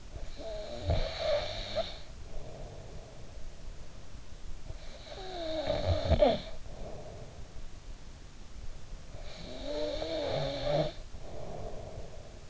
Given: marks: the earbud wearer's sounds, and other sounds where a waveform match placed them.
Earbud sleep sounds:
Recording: sounds in sleep by an in-ear microphone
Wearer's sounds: snoring breath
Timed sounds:
0.00-3.47 s: snoring breath
4.61-7.80 s: snoring breath
9.13-12.50 s: snoring breath

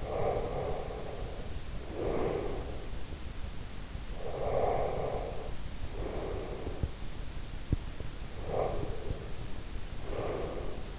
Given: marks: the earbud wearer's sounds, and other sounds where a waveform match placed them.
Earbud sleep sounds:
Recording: sounds in sleep by an in-ear microphone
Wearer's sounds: breath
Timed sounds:
0.00-2.96 s: breath
4.16-6.91 s: breath
8.39-10.99 s: breath

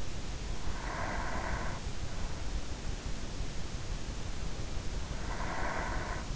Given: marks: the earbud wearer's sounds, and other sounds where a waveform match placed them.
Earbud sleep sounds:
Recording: sounds in sleep by an in-ear microphone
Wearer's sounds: breath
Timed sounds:
0.57-2.58 s: breath
4.59-6.36 s: breath

